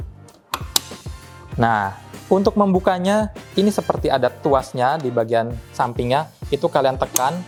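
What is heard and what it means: A removable plastic brew unit is pushed into a fully automatic Speranza FCM-PA10 espresso machine and clicks into place, giving sharp loud hits at 0.5 s and 0.8 s. It seats and locks. Someone talks over background music for the rest of the clip.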